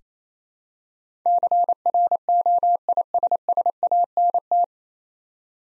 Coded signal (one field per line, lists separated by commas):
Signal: Morse code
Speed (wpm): 27 wpm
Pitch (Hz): 700 Hz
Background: none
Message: CROISSANT